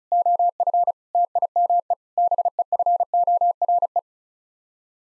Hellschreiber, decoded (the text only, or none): none